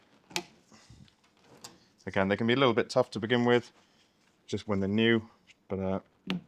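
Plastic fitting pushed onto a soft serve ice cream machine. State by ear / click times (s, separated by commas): seated / 0.4 s, 1.6 s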